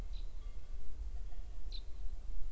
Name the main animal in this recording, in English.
Common Chaffinch